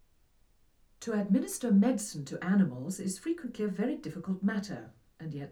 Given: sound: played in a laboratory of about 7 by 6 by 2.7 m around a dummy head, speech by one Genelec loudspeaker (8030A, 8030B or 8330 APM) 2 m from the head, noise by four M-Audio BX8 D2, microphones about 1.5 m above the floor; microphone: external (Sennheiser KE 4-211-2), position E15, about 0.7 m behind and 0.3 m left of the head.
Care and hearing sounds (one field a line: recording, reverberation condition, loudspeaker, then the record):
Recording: female speech in English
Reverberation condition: low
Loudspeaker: 60 degrees to the right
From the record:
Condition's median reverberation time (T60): about 310 ms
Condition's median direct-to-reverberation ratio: about 3.5 dB